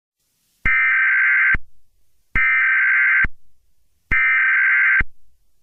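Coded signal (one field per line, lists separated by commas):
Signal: Emergency Alert System (SAME) tones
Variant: header bursts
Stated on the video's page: Fictional EAS scenario about a tornado outbreak, not representing any real event, made with phone editing apps.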